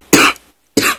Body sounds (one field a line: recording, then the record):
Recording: coughing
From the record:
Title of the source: 64 coughing, allergies, singing lungs